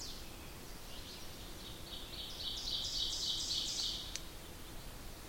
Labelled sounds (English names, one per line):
Ovenbird song